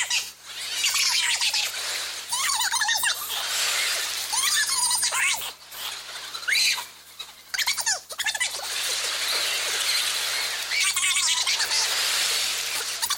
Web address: doublenight bobcat